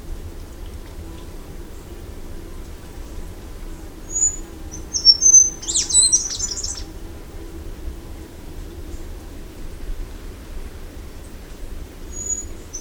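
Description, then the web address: Scaled flowerpiercer song: thin high whistled notes, then a brief jumbled, very high twittering burst midway, over a low steady background hum. "sound Scaled-flowerpiercer. دانلود-صدای-پرنده-گل-شکاف-پولکدار"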